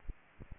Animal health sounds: mosquito wingbeat signal from an infrared sensor; Aedes aegypti

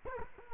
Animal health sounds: mosquito wingbeat signal from an infrared sensor; Culex quinquefasciatus

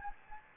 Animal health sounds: mosquito wingbeat signal from an infrared sensor; Anopheles gambiae

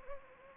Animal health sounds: mosquito wingbeat signal from an infrared sensor; Anopheles gambiae

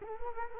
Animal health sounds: mosquito wingbeat signal from an infrared sensor; Culex quinquefasciatus

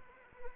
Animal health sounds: mosquito wingbeat signal from an infrared sensor; Anopheles arabiensis

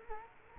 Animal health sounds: mosquito wingbeat signal from an infrared sensor; Culex quinquefasciatus

